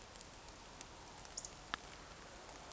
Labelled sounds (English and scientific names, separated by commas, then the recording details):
Eurasian Woodcock (Scolopax rusticola) whistle
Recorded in Baden-Württemberg, Germany, on 28 June 2020 at 02:30 UTC
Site 43791, 788 m above sea level